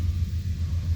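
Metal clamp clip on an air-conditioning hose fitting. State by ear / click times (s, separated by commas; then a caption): not seated / none. A metal E-Z Clip clamp on an air-conditioning hose fitting is handled with pliers, with the bumps on the clips lined up with the clamps, over a steady low rumble. No click is heard and nothing has seated yet.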